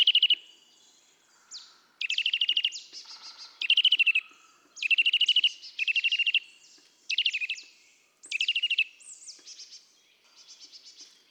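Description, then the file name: Eurasian nuthatch giving bursts of rapid, high piping notes, each burst under a second, repeated with short gaps and interleaved with brief down-slurred whistles. "Sitta europaea"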